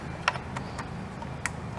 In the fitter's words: You should here that clicking noise.